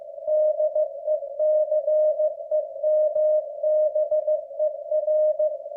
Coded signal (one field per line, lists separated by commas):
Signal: Morse code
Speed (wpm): 15 wpm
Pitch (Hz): 610 Hz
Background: none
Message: DECEMBER